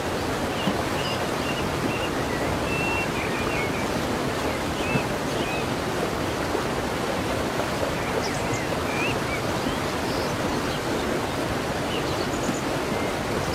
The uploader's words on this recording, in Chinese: 瀑布鸟鸣。平静的瀑布声音。